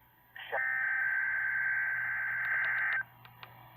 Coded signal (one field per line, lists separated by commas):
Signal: Emergency Alert System (SAME) tones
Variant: header bursts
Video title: Required Weekly Test [EAS #2] (SUBTITLES!)